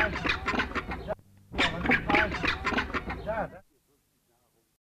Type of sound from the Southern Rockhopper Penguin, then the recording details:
call. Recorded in captivity. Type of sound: call. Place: Ruhrzoo Gelsenkirchen, Nordrhein-Westfalen, DE. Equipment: Halbspur, 9,5 cm/s. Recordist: Lütgens, Hans. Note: Rufe, erregt